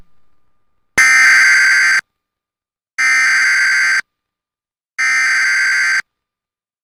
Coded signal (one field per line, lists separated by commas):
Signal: Emergency Alert System (SAME) tones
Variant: header bursts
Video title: #EAS 10 May 2024 para Carolina y San Juan hasta las 3:30pm #flashfloodwarning #PRwx